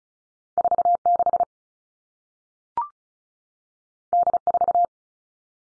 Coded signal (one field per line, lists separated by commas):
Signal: Morse code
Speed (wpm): 36 wpm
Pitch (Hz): 700 Hz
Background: none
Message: 4 6 D 4